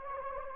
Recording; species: mosquito wingbeat signal from an infrared sensor; Anopheles gambiae